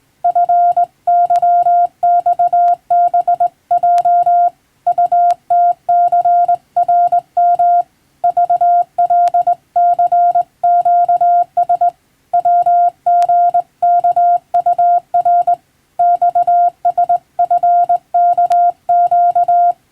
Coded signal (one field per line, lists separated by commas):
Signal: Morse code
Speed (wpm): 20 wpm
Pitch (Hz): 700 Hz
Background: none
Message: FYXBJ UTCRM VLCQS WGKUR XSFKQ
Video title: 【無線通信士国家試験の電気通信術って何？】今では懐かしいモールス無線通信、昭和はラジオからよく聞こえました。船と陸との唯一の通信手段、大変重要な無線通信でした。 morse code practice